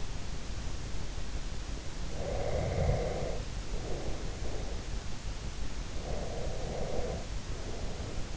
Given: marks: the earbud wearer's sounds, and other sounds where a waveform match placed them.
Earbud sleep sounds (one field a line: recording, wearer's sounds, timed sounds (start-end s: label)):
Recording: sounds in sleep by an in-ear microphone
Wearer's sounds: breath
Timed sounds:
2.06-4.98 s: breath
5.97-8.37 s: breath